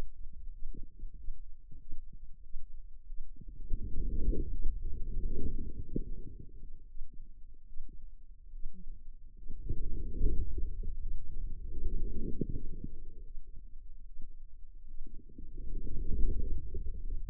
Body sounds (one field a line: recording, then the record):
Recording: forearm muscle sounds (acoustic myography)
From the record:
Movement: inward rotation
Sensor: system 2, bracelet of six BSWA MPA416 microphones around the upper forearm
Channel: 5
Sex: female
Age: 25 years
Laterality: right